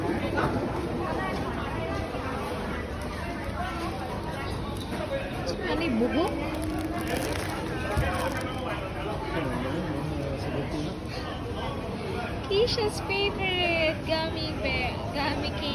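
A street food scene in Chiang Mai, filled with a steady babble of overlapping voices and chatter. The crowd noise stays dense and even throughout, with a few brighter clatters and clinks rising above it near the end.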